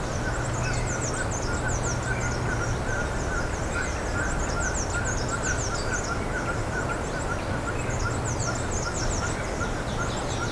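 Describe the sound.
Birds calling: many short, high chirps and twittering notes repeated throughout, over a steady broad hiss and a low hum.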